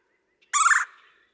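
Red-bellied woodpecker uttering one loud, grating rolled churr lasting about a third of a second, otherwise near silence.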